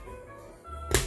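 A stubborn suspension web kit clip on a 1980s M1 helmet, which had not snapped in on the first try, is pressed again onto the helmet liner disc. After a low, steady background, one loud, sharp snap comes at 0.9 s. The clip is seated on the disc.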